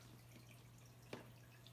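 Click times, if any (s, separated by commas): 1.1 s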